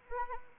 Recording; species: mosquito wingbeat signal from an infrared sensor; Anopheles arabiensis